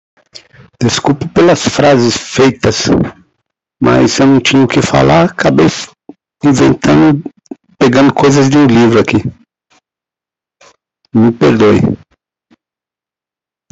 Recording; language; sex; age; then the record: short text; Brazilian Portuguese; male; 50 to 59 years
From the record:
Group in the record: control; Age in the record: 53 years